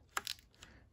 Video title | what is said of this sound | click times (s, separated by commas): Goosky RS4 VS Goblin RAW 420 Bench And Flight Review | so it slides right into place you don't have to twist the knob or anything and you can hear it click battery | 0.2 s